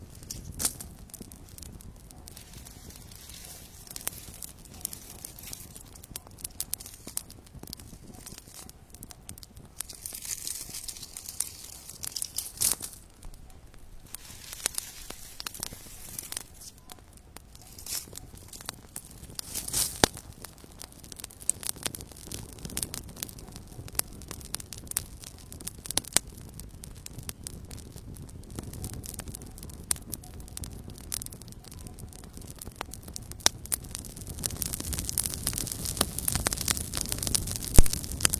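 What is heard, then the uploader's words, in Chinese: A calm campfire at night crackles steadily, with dense, irregular pops and snaps scattered throughout. Sharp, bright cracks stand out every second or so over a soft low rumble, and the fire grows somewhat fuller and busier toward the end. 晚上平静的篝火声。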